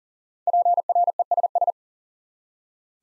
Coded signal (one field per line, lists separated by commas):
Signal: Morse code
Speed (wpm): 38 wpm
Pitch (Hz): 700 Hz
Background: none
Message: PRESS